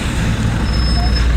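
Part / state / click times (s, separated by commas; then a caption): lower strap buckle of a luggage bag on a scooter rack / not seated / none. The lower strap buckle of a luggage bag on the rack of a Vespa GTS 300 HPE scooter is handled as it is about to be clicked forward into its buckle under the rack. A steady low rumble runs through the clip with no sharp transient, and someone talks. Nothing has seated or clicked yet.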